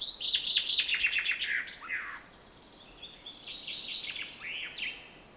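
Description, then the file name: Common chaffinch songs: a loud descending trilled phrase with an end flourish, then a quieter phrase of similar pattern. "Fringilla coelebs"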